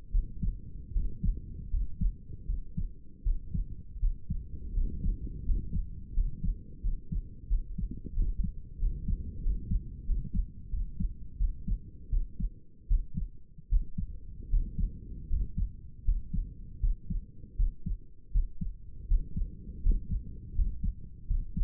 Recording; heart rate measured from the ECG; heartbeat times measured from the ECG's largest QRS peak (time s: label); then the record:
heart sounds by stethoscope; 82 bpm
0.11 s: heartbeat
0.92 s: heartbeat
1.70 s: heartbeat
2.46 s: heartbeat
3.23 s: heartbeat
3.99 s: heartbeat
4.74 s: heartbeat
5.44 s: heartbeat
6.13 s: heartbeat
6.81 s: heartbeat
7.48 s: heartbeat
8.14 s: heartbeat
8.79 s: heartbeat
9.42 s: heartbeat
10.05 s: heartbeat
10.70 s: heartbeat
11.37 s: heartbeat
12.09 s: heartbeat
12.87 s: heartbeat
13.68 s: heartbeat
14.49 s: heartbeat
15.28 s: heartbeat
16.04 s: heartbeat
16.80 s: heartbeat
17.56 s: heartbeat
18.31 s: heartbeat
19.07 s: heartbeat
19.82 s: heartbeat
20.54 s: heartbeat
21.27 s: heartbeat
From the record:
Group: healthy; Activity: rest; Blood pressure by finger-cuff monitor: 109/68 mmHg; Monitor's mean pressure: 77 mmHg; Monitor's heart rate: 81 bpm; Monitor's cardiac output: 6.7 L/min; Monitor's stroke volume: 81 mL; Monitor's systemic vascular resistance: 830 dyn s/cm5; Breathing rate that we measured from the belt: 13 breaths a minute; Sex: male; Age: 35 years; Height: 180 cm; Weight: 86.9 kg